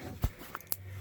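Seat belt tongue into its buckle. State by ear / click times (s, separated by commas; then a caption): not seated / none. A driver's seat belt tongue is handled near its buckle, producing a soft low thump around 0.2 s and a few brief, sharp ticks around 0.6–0.7 s over a quiet background. Nothing has seated or clicked yet; the tongue is not latched into the buckle by the end.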